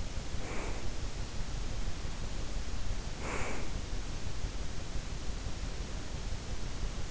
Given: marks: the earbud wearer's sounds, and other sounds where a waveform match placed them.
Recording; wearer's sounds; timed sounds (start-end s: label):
sounds in sleep by an in-ear microphone; breath
0.23-0.98 s: breath
3.09-3.90 s: breath